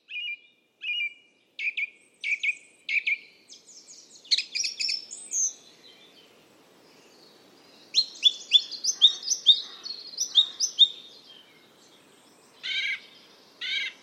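Bird calls: a series of evenly spaced chirps, then lively runs of high twittering notes and two final buzzy notes.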